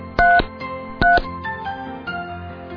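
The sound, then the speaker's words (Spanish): Two short bursts of a telephone tone, each a steady two-pitched beep, sound about a second apart over a soft, steady musical background. “Teléfono.”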